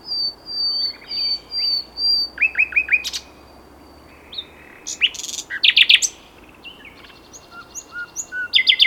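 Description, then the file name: Common nightingale song: drawn-out whistles, a quick short series of notes, loud rattling bursts, and varied sharp phrases separated by short pauses. "Luscinia megarhynchos"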